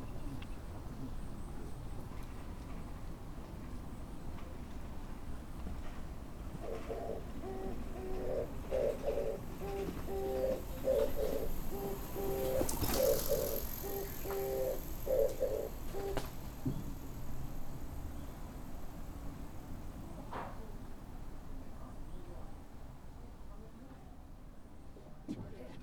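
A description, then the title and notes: A scene recorded in Japan, with a steady low rumble of traffic and city noise throughout. From about 7 to 16 seconds a repeating tonal pattern sounds in the middle range, with a sharp clatter near 13 seconds; birds and faint voices drift in. Field recordings I made in Japan in 2018.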